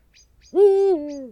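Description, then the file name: Eurasian eagle-owl giving one deep hoot, held steady then stepping down to a lower pitch before fading, with faint high chirps just before it. "uhu bagoly hangja"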